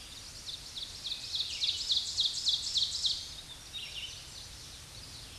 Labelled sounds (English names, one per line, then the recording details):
Ovenbird song
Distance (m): 25 m
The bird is about 5 m above the microphone
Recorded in a Pennsylvania forest on 16 May 2024 at 07:51
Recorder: AudioMoth, point MSD-2146
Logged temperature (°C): 16.7 °C
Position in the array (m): 149 m, 2 m